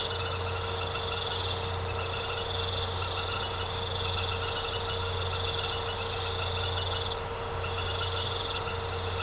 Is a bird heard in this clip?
no